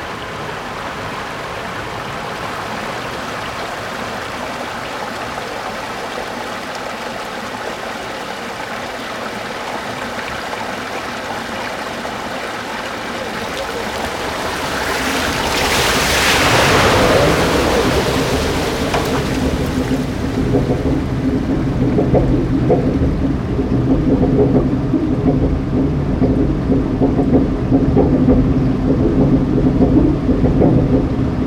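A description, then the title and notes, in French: Water runs steadily at a water mill, a dense, even rushing that fills the clip. Around the fifteen-second mark a brighter splashing surge rises and fades. After that the sound turns lower and heavier, with a deep churning rumble that continues to the end. De l'eau au moulin. A 16 km de Langres (Haute Marne) se situe le moulin à eau de Baissey. Le moulin revit, la roue à aubes, les meules et les engrenages se remettent en mouvement. Réalisation : Olivier Noack.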